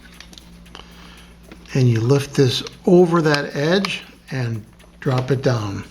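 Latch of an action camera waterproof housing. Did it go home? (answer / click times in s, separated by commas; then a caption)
no / none. The back door of a plastic waterproof housing for an AKASO action camera is closed, and its latch is positioned but not yet pushed down, with only faint handling ticks in the first 1.5 seconds. Someone then talks. The latch has not snapped shut yet.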